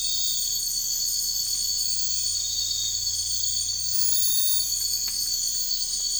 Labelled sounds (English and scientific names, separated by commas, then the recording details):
none
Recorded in dense forest near Puerto Asís, Putumayo, Colombia, on 13 March 2025 at 03:30
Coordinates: 0.484, -76.317
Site G064